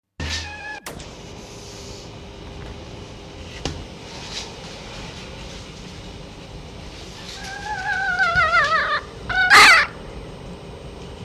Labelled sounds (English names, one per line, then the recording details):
Red Fox
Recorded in captivity
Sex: male
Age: juvenile
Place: Zoologisches Institut der HUB, Berlin, DE
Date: 1956-05-07 12:45
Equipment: Elmetra
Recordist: Tembrock, Günter
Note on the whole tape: Molly-Welpen. Männchen (innen): Quärren, betonter Quärrlaut, Tremolo, abgesetztes Quärren